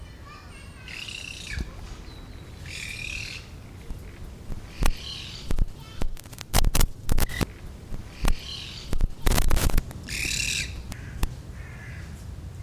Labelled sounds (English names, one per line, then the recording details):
Common Raven call
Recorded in captivity
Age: adult
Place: Zoo Berlin, Berlin, DE
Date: 1998-10-17 10:55
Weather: fair, 14°C
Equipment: Sony MD-WM MZ-R3, Sennheiser MKH 416 T, Kopie Uher 4000 Report Monitor
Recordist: Tembrock, Günter
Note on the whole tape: Kurzlaute. Achtung, teilweise technische Probleme: fehlerhafte Mikrofonkabelverbindung